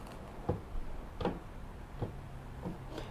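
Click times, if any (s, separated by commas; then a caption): none. An aftermarket plastic trim piece with short plastic retaining clips is pushed into the body corner of an Evo X. Short dull knocks are heard at about 0.5, 1.3 and 2.0 s, with a fainter one near 2.7 s. Nothing has clicked in: the clips do not hold the piece, and only the side screws keep it in place.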